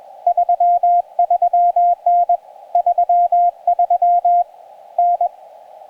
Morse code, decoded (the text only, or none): 33N 33N